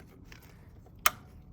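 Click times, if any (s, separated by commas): 1.1 s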